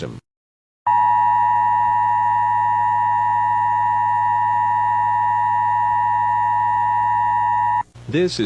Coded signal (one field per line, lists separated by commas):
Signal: Emergency Alert System (SAME) tones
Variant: 853 and 960 Hz attention tone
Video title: EAS Scenario - Compilation